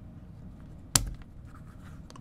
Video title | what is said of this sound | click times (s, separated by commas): Best And Worst Cases for Galaxy Z Fold 5 | It snaps into place, and then do the same for the back cover. | 1.0 s